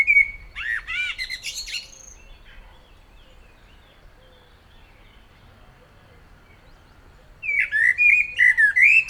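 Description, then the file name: Common blackbird song: a fluting whistled phrase with a squeaky high ending, a long quiet gap, then another rich warbled phrase. "Turdus merula"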